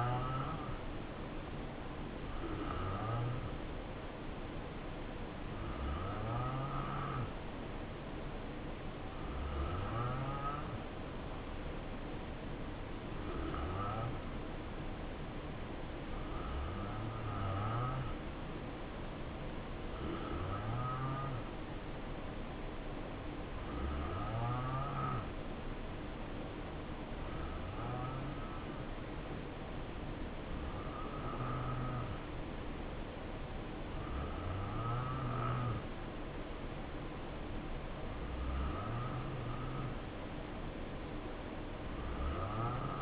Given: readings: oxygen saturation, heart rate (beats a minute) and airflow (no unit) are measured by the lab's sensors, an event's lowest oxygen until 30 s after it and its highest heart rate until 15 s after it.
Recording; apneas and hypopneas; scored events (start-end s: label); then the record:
breathing in sleep by a voice recorder at the bedside; none
none scored
From the record:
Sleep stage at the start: N2 (light sleep); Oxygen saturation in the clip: 87 to 89%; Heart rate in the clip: 63 to 72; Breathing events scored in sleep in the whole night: 277 in 7.4 hours asleep